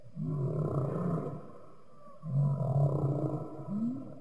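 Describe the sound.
Humpback whale song: two low groaning phrases with upswept moans, separated by a quiet pause.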